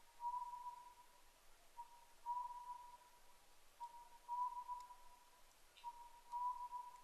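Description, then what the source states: Oriental scops owl giving soft whistled notes on a steady pitch, phrases repeated about every two seconds. 10 May 2010 at 01:03.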